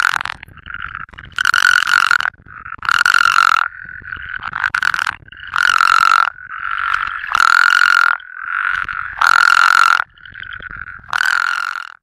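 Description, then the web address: Plains spadefoot calls: loud, harsh, nasal croaks about a second long, repeated roughly every two seconds, with softer overlapping croaks from other spadefoots in between. "Frog Spea Bombifrons"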